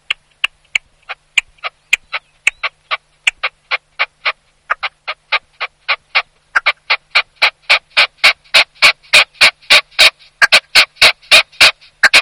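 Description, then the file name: Red-legged partridge song: rhythmic series of harsh chuck notes, starting thin and spaced, then speeding up and growing louder into a rapid, steady chant. Song played back from a tape recorder for spring population density estimates in a monitoring protocol. "Reseau Perdrix Rouge"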